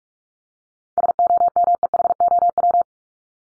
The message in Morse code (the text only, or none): SOMEHOW